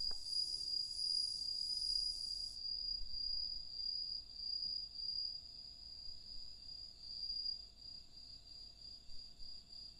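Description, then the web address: Cricket trill: an unbroken high-pitched ringing trill holds steady throughout, with a fainter overlapping buzz in the first seconds. "Hoerbeispiele Grillen"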